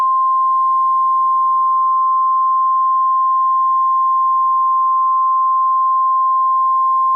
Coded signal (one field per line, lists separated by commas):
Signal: Emergency Alert System (SAME) tones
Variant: 1050 Hz attention tone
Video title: EAS Mock - Civil Emergency Message Recreation (Charleston, SC) (9/2/2019)